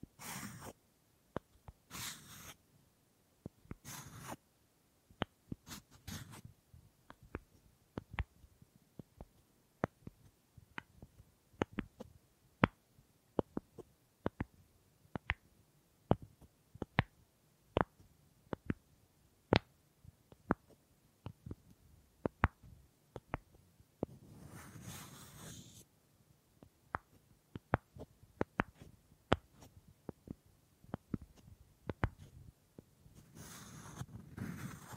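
Sharp wooden taps and clicks land in an irregular stream, sometimes sparse, sometimes bunched into quick runs. Between them come a few longer rustling, brushing passages, near the start, around 25 seconds, and at the very end, over a quiet, low hum.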